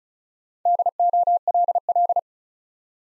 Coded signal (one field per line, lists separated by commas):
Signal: Morse code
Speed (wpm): 36 wpm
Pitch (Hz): 700 Hz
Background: none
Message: DOLL